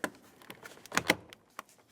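A window switch is slid up into the door panel of a 2000-2006 Chevrolet Tahoe until it clicks into place, with two sharp clicks at about 1.0 and 1.1 seconds among lighter plastic taps and handling noises. The switch is seated and is then tugged to check that it is secure.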